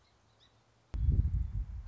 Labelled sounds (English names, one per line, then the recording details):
Song Sparrow
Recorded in Sonoma County, California